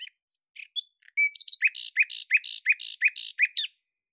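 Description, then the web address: Bird song opening with scattered short chirps and a thin whistle, then a steady run of several paired buzzy notes ending in a sharp flourish. "Deverinetal 2025"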